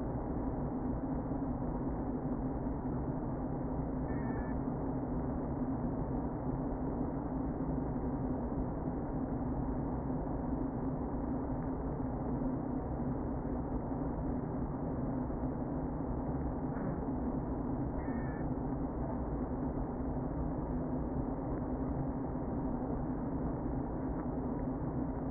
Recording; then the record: honeybee colony, microphone inside the hive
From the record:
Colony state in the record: queen present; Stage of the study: before two queens were removed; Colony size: about 60,000 bees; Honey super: yes